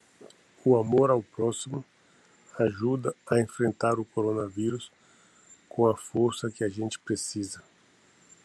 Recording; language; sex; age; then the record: spoken sentence; Brazilian Portuguese; male; 50 to 59 years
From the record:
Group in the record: control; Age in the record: 56 years